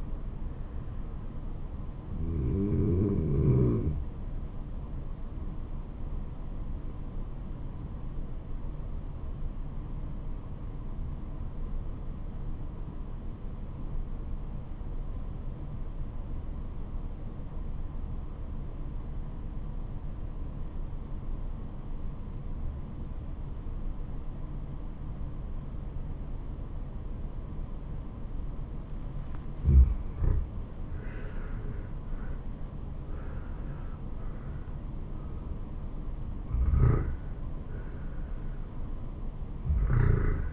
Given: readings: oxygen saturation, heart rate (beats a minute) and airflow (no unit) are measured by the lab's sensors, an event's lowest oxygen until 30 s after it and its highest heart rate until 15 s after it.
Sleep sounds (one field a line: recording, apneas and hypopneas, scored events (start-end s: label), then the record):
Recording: breathing in sleep by a smartphone at the bedside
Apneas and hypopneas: 1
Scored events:
7.00-29.10 s: obstructive apnea (N1, oxygen 96% highest, then 85% lowest, heart rate 80 at the start, 80 highest)
From the record:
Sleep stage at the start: N1 (lightest sleep)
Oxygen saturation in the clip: 88 to 96%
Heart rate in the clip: 67 to 80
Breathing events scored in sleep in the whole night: 426 in 7.4 hours asleep